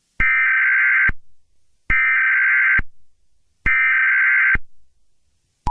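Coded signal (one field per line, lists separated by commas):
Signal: Emergency Alert System (SAME) tones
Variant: header bursts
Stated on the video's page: Fictional EAS scenario with simulated SAME alert tones.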